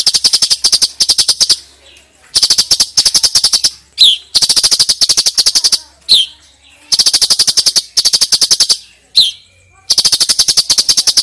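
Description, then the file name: Sooty-headed bulbul giving bursts of rapid, evenly pulsed chattering notes, with brief sharp downslurred chips between some bursts. Female bird. "suara cucak cungkok betina"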